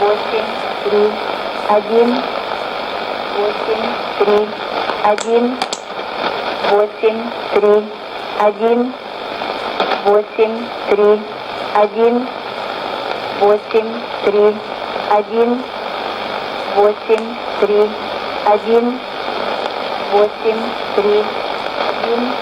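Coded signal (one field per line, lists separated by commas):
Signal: numbers station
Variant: S06s, Russian female voice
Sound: female voice reading digits in Russian at a slow, even pace over radio hiss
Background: radio static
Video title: 06 06 2016 Number station S06s Russian Lady to Eu 1211 on 12165 unknown tx site CUSB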